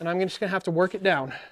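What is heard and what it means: A wooden ramp support piece is being worked down into its slot on the spine of an RC ramp while a man talks. Nothing has seated yet.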